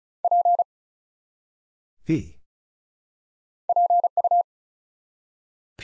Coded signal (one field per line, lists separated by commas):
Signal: Morse code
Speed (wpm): 36 wpm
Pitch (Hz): 700 Hz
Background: none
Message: P PU